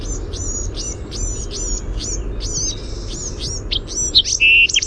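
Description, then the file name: Bewick's wren song: a series of high, hooked whistled notes, ending with a few louder sharp notes, over a low background hum. "BEWR song"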